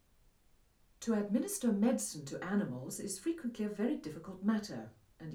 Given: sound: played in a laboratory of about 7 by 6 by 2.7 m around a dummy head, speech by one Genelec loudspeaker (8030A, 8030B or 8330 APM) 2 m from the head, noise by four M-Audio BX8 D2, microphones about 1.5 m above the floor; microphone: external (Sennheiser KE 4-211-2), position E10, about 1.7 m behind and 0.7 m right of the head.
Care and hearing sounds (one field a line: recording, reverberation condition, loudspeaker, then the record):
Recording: female speech in English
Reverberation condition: low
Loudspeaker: 90 degrees to the left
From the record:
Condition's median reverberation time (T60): about 310 ms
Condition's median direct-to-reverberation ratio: about 3.5 dB